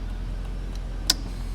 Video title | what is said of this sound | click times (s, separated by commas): 2011 Corvette SOLD SOLD SOLD Convertible 3LT Grand Sport Navigation Chrome Wheels Munro Motors | comes down and locks into place and the | 1.1 s